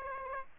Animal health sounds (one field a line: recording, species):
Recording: mosquito wingbeat signal from an infrared sensor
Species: Aedes aegypti